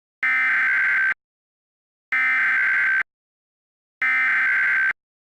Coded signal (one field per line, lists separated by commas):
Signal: Emergency Alert System (SAME) tones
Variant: header bursts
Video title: EAS - Friday the 13th Mayhem